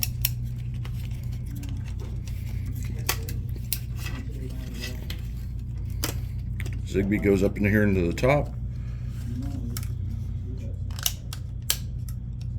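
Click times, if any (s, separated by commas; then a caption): 11.7 s. A Zigbee radio module is pushed up into the top of the plastic housing of a Vingcard CLA4506 RFID hotel door lock while someone talks, with sharp handling clicks and taps over a steady low hum. At 11.7 s the module snaps into place and is seated so it can't move.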